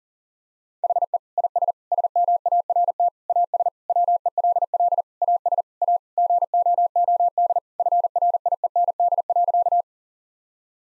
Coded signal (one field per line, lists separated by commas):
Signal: Morse code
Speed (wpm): 40 wpm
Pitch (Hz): 700 Hz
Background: none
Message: HE IS SMART AS WELL AS A GOOD FRIEND.